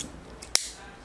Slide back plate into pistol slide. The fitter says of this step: you'll hear that little click noise.